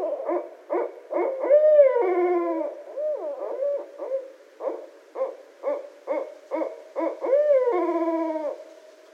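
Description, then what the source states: Barred owl calls: series of low hoots broken by two long, drawn-out wavering notes that slide downward, with choppy hooting between them, loud and insistent. Recorded on 18 January 2012.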